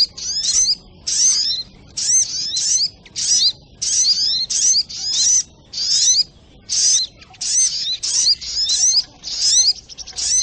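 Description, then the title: Little Spiderhunter song: a long run of sharp, high, squeaky note clusters, evenly repeated with brief pauses throughout. Masteran (training) recording of a sogok ontong, labelled Labaik. "Masteran Burung Sogok Ontong Labaik"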